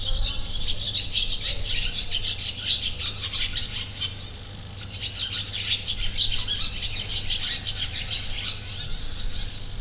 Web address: allathangok termeszetben partifecske professzionalis 2016 partifecske belebeszeles potamia